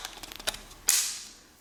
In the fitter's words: heard a click and